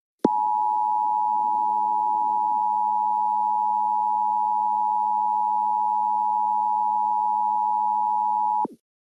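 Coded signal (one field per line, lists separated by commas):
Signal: Emergency Alert System (SAME) tones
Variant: 853 and 960 Hz attention tone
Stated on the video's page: Simulated EAS scenario; the tones do not trigger a real EAS.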